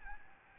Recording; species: mosquito wingbeat signal from an infrared sensor; Aedes albopictus